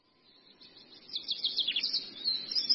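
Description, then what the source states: Long-tailed shrike song rising from near silence into fast, high, slurred and chirping notes that grow louder toward the end. Long-tailed shrike song used as a masteran, a tutor song for training birds.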